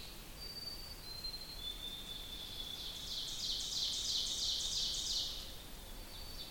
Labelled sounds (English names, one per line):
Ovenbird song